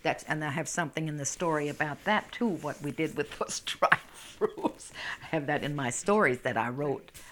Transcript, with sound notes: And I have something in the story about that, too, what we did with those dried fruits. ( she laughs ) I have that in my stories that I wrote.